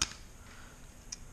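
A blade fuse is pressed into its holder in the fuse block wiring of a Yamaha Virago motorcycle. It gives a sharp snap at 0.0 s that marks a good seat, followed by faint background noise and a softer tick near 1.1 s.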